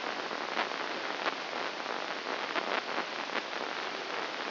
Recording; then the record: brain microelectrode recording played as sound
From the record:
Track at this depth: inside the subthalamic nucleus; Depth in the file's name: 5.101 mm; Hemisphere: left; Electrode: 2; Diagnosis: Parkinson's disease